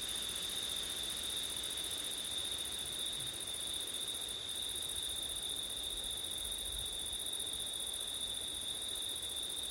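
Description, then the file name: Crickets trill without pause at a high, steady pitch, the upper tone briefly cutting out once, with gentle wind noise. Crickets recorded on a September night with wind; ORTF microphone setup. "crickets wind september night ortif"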